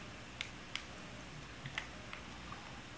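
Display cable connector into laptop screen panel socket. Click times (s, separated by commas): 0.4 s, 0.8 s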